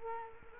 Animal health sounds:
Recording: mosquito wingbeat signal from an infrared sensor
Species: Culex quinquefasciatus

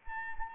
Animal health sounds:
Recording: mosquito wingbeat signal from an infrared sensor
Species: Anopheles arabiensis

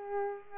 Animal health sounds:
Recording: mosquito wingbeat signal from an infrared sensor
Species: Culex pipiens

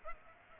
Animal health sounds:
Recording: mosquito wingbeat signal from an infrared sensor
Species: Aedes aegypti

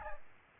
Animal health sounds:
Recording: mosquito wingbeat signal from an infrared sensor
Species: Aedes albopictus

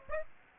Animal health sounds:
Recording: mosquito wingbeat signal from an infrared sensor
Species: Aedes aegypti

